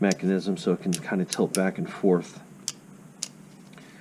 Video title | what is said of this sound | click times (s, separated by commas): Ratchets Review Why I like the Stanley Extension Ratchet | just good if you got any like something you got to get an angle in and then it also locks into place the | 2.7 s, 3.2 s